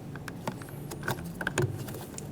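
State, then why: Not seated. A plastic wiring harness connector is handled and lined up to plug onto the power window motor of a rear window regulator in a 1994-1997 Honda Accord. Short, sharp plastic taps and rattles land around 0.5, 1.1, 1.4, 1.5 and 1.6 seconds over a low background hum. The connector is still being handled and has not seated or clicked in yet.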